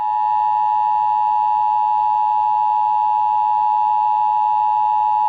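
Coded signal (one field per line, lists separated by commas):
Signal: Emergency Alert System (SAME) tones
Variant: 853 and 960 Hz attention tone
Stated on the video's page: Flash Flood Warning relayed on WCPE-FM during a flash flood warning outbreak in the Raleigh-Durham area.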